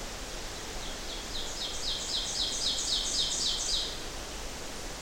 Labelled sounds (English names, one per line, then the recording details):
Ovenbird song
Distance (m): 30 m
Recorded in boreal forest in Alberta, Canada, on 12 June 2016 at 08:54
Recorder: SongMeter 3, array SBT-3-18
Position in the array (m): 90 m, 293 m
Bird 32